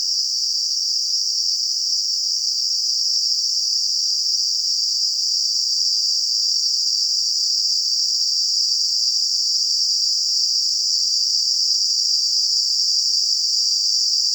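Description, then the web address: Dense, continuous cicada drone, a shrill hissing buzz sustained without pause or change across the whole stretch. Cicadas in a garden. "WSPDatabase Analysis DVD Garden Cicadas"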